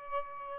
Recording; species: mosquito wingbeat signal from an infrared sensor; Aedes albopictus